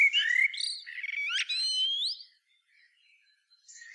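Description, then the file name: Common blackbird giving a single phrase, a rich low whistle sliding up into high thin squeaky notes, followed by near silence and faint twittering. "Turdus merula"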